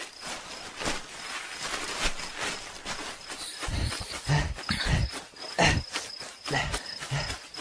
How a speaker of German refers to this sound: Der Bär rennt weg!